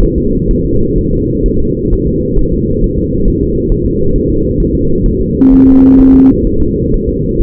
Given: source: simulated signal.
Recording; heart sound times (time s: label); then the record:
fetal heart sounds
0.03 s: S1
0.18 s: S2
0.51 s: S1
0.66 s: S2
0.98 s: S1
1.13 s: S2
1.46 s: S1
1.60 s: S2
1.93 s: S1
2.07 s: S2
2.39 s: S1
2.53 s: S2
2.84 s: S1
2.98 s: S2
3.28 s: S1
3.42 s: S2
3.72 s: S1
3.86 s: S2
4.16 s: S1
4.30 s: S2
4.60 s: S1
4.75 s: S2
5.06 s: S1
5.21 s: S2
5.53 s: S1
5.67 s: S2
6.00 s: S1
6.15 s: S2
6.47 s: S1
6.62 s: S2
6.94 s: S1
7.09 s: S2
7.41 s: S1
From the record:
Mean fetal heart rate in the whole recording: 130 bpm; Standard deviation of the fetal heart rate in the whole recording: 4 bpm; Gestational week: 38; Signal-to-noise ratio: -16.4 dB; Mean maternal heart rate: 72 bpm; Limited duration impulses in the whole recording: present